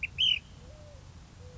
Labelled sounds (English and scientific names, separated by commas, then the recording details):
Ash-throated Flycatcher (Myiarchus cinerascens)
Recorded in Sonoma County, California